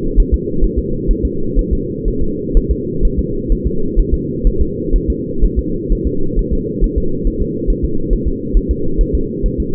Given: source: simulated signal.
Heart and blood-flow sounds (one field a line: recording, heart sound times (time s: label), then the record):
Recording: fetal heart sounds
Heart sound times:
0.20 s: S1
0.34 s: S2
0.64 s: S1
0.78 s: S2
1.11 s: S1
1.25 s: S2
1.59 s: S1
1.73 s: S2
2.08 s: S1
2.22 s: S2
2.57 s: S1
2.71 s: S2
3.05 s: S1
3.19 s: S2
3.52 s: S1
3.67 s: S2
4.00 s: S1
4.14 s: S2
4.47 s: S1
4.62 s: S2
4.96 s: S1
5.10 s: S2
5.44 s: S1
5.59 s: S2
5.92 s: S1
6.07 s: S2
6.39 s: S1
6.53 s: S2
6.84 s: S1
6.98 s: S2
7.27 s: S1
7.42 s: S2
7.70 s: S1
7.85 s: S2
8.13 s: S1
8.28 s: S2
8.57 s: S1
8.71 s: S2
9.01 s: S1
9.15 s: S2
9.46 s: S1
9.60 s: S2
From the record:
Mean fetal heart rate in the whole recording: 130 bpm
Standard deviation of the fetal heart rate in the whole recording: 4 bpm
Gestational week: 38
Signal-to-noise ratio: -8.1 dB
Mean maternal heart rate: 72 bpm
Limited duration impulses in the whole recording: absent